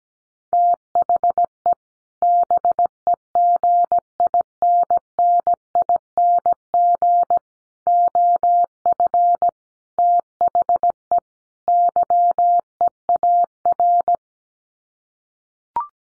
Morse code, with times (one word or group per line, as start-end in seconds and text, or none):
0.5-1.7 THE
2.2-7.4 BEGINNING
7.9-9.5 OF
10.0-11.2 THE
11.7-14.2 YEAR